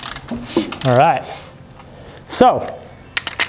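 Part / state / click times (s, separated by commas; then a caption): pushrod into rocker arm cup of a V8 engine valvetrain / seated / 3.2 s. As the Hemi V8 engine is spun over, someone talks over scattered light clicks and mechanical ticks. A pushrod that was sitting slightly up inside its rocker arm cup, not fully seated, drops home with a sharp metallic ting at 3.2 s. It pops fully into place and is seated.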